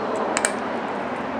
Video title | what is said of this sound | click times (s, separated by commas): How to replace brake pads and rotors on a 2003 Honda Accord | like this and it snaps right in there | 0.4 s, 0.5 s